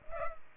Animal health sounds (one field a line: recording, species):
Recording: mosquito wingbeat signal from an infrared sensor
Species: Culex pipiens